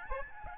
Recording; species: mosquito wingbeat signal from an infrared sensor; Aedes albopictus